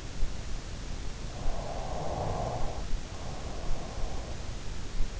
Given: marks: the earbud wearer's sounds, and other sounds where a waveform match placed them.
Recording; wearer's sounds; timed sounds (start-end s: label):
sounds in sleep by an in-ear microphone; snoring breath
1.17-4.13 s: snoring breath